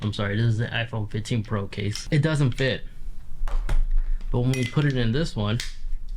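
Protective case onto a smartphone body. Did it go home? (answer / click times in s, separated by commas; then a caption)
no / none. An iPhone 15 Pro protective case, which does not fit an iPhone 14 Pro, is handled and brought to a matching iPhone 15 Pro phone dummy to be pressed onto it. Someone talks throughout, with a few brief handling taps between about 3.5 and 4.2 seconds. Nothing has seated or clicked yet.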